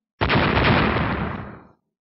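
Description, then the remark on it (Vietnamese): A single loud, booming explosion bursts in abruptly and roars across a wide range for over a second before fading out smoothly into silence. “Vang tiếng nổ điếc tai”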